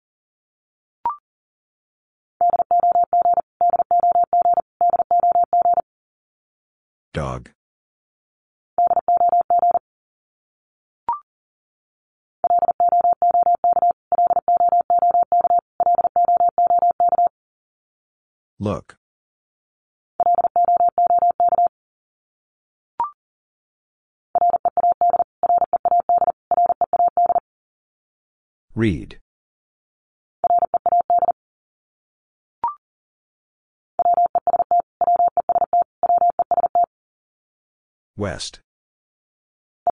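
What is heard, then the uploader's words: A word is sent three times in Morse code, steady mid-pitched beeps in clusters, broken by brief clicks and short swishing bursts between groups. The word is sent three times in Morse code.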